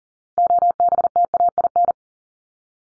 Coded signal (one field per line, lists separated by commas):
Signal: Morse code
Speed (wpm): 40 wpm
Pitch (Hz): 700 Hz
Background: none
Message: OBTAIN